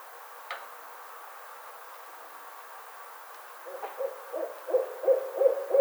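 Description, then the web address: Barred owl hoots begin after a near-silent stretch, building into a quick, strengthening series of short, low notes in the final two seconds. Recorded 25 May 2009. "Barred Owl 2009 05 25 Barred Owl"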